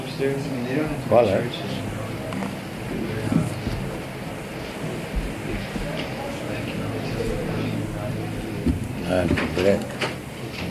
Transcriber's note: more devotee conversation in background